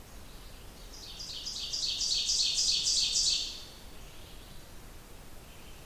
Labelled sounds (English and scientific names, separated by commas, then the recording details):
Ovenbird (Seiurus aurocapilla) song
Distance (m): 20 m
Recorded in boreal forest in Alberta, Canada, on 29 June 2016 at 06:53
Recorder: SongMeter 3, array SBT-6-79
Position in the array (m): 16 m, 117 m
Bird 40